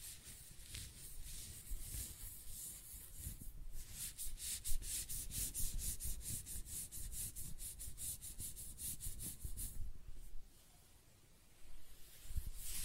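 Close-up scratching and brushing of hair, made of rapid rhythmic strokes that form a dense, bright, hissing texture. The strokes come thickest from about four to ten seconds, then ease into a quieter stretch before short rubbing resumes near the end, with a low rumble underneath throughout.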